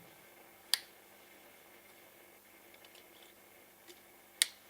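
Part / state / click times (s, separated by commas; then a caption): electrical plug into ignition coil socket / seated / 0.7 s, 4.4 s. A plastic electrical plug is pushed onto the ignition coil of an Opel Insignia B 1.5T (165 hp) after the coil bolt has been tightened, during a spark plug replacement, because hearing the click is what matters most. Over a low, steady background, two sharp, bright clicks sound at 0.7 s and 4.4 s, showing the connector has seated.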